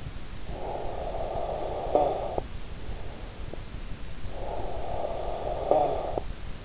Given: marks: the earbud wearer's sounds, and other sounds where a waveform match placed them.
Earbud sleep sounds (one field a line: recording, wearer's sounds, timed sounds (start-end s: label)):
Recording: sounds in sleep by an in-ear microphone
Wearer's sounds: snoring breath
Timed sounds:
0.14-2.91 s: snoring breath
4.17-6.65 s: snoring breath